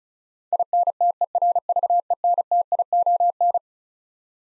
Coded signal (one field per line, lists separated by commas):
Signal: Morse code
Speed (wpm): 36 wpm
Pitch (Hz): 700 Hz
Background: none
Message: INTERVENTION